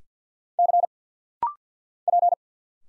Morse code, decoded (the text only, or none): C P